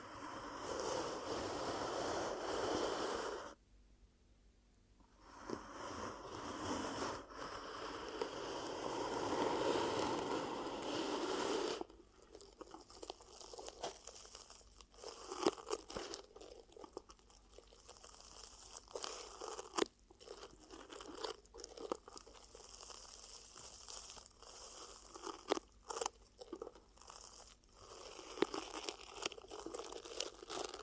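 Ear cupping sounds: dense muffled rushing swells until about twelve seconds, then quieter crunchy taps and rubs with a faint steady hum.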